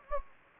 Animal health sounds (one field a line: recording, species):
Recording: mosquito wingbeat signal from an infrared sensor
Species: Anopheles gambiae